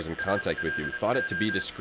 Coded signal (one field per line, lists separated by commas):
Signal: Morse code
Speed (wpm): 27 wpm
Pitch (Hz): 1600 Hz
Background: speech, music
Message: SLO